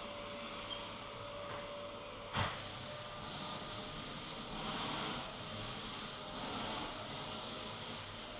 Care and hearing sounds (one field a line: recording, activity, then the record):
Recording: daily activity, microphone in the room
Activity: vacuum cleaning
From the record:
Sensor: 4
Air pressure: 1002.9 hPa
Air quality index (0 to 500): 242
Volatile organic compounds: 18 ppm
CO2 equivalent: 2631 ppm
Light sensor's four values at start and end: 5/11/4/5 and 5/12/4/5